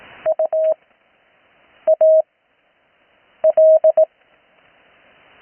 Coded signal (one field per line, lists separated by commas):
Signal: Morse code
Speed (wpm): 18 wpm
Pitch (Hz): 630 Hz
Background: none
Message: U A L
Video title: Morse code practice recorded live on 80m 19-08-2026